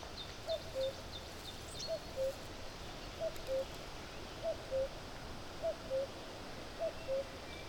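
Common cuckoo calling its two-note cu-coo, higher note then lower, repeated steadily about every 1.2 seconds over a quiet hiss.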